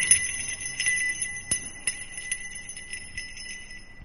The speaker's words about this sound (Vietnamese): Gia Huy và Vân Vân thấy vậy định chạy tới, thế nhưng đột ngột từ trong phòng của Thắng phát ra những tiếng chuông kêu rồn rập. Cả hai bất giác phải quay lại ngoái nhìn.